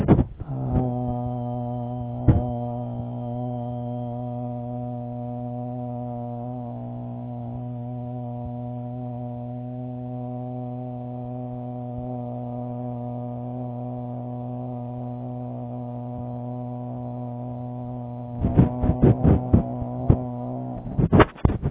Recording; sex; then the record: sustained vowel /a/; male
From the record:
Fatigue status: no fatigue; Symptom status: symptomatic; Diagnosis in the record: COVID-19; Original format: 3gp